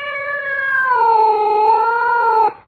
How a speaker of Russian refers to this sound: Заверещал кошак, пытаясь стянуть с себя ошейник.